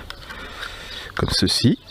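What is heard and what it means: A plastic propeller guard is clipped onto the arm of a WLtoys Q696-A Dragonfly 3 drone, giving a short, sharp click at 0.1 s as it seats. Someone then talks over the low background.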